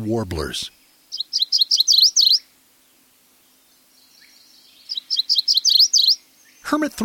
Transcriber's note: MacGillivray’s Warbler song